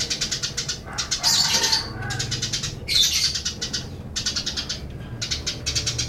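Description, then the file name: Eurasian tree sparrow chattering in quick runs of sharp, high ticking notes, several bursts broken by short gaps, over a faint low background hum. Tame bird giving long, drawn-out chattering (nyrecet). "burung gereja om kicau"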